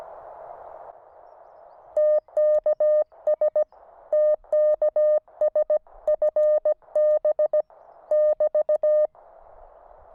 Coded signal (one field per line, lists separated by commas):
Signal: Morse code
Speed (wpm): 17 wpm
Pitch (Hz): 610 Hz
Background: none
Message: TKS TKS FB <BT>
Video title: QRP Radio Camping, Kites & Fireworks.